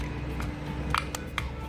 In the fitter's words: we push it in until it clicks we pull on it to make sure it's in place and we're done